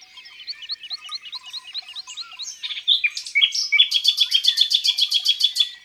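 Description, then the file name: Common nightingale song: a run of quick rising chirps, a few varied phrases, then a long, loud, rapid pulsing series of repeated notes. Singing in the countryside. "Rossignol philomele Chants doiseaux dans la campagne"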